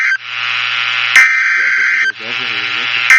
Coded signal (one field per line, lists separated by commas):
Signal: Emergency Alert System (SAME) tones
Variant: header bursts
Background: speech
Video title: I FINISH THE PICTURE OR GLUE ON IT... EAS Alerts From 3/10/26 (EAS#5,232 - 5,251)